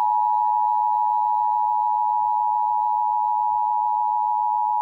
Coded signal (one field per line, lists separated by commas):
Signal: Emergency Alert System (SAME) tones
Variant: 853 and 960 Hz attention tone